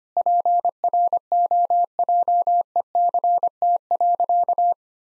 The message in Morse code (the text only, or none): PROJECT.